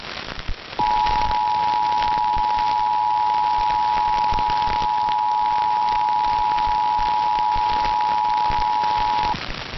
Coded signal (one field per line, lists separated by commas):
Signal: Emergency Alert System (SAME) tones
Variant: 853 and 960 Hz attention tone